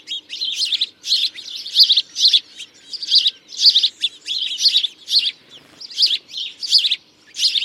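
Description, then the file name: House sparrow calls: loud, scratchy chirps delivered in quick succession, nearly nonstop, with one short lull near the end. "Passer domesticus"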